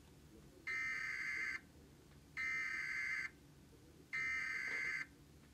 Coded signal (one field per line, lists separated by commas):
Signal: Emergency Alert System (SAME) tones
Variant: header bursts